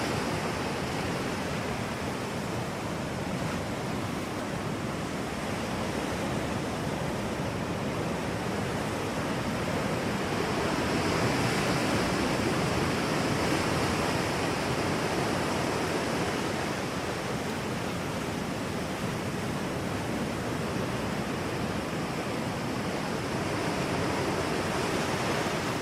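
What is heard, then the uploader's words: Rolling ocean waves make a steady, dense roar with fine crackling texture, swelling slightly around the middle before settling back, full. Ocean Sounds Of Rolling Waves.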